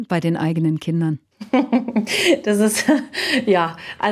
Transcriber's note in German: lacht